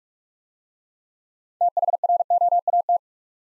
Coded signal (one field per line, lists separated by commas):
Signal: Morse code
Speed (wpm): 44 wpm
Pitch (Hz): 700 Hz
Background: none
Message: THROAT